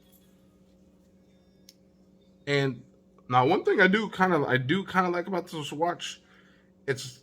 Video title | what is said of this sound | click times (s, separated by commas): Watch Mythos First Impressions | let's see if we can get this damn thing to click into place and we do we got it all strapped up | 1.7 s